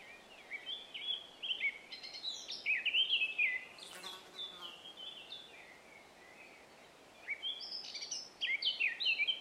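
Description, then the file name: Eurasian blackcap song: two bursts of rapid scratchy warbling mixed with clear whistled notes, separated by a quieter gap, with a brief noise burst during the first. "Sylvia atricapilla"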